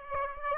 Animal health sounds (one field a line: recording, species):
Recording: mosquito wingbeat signal from an infrared sensor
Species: Aedes aegypti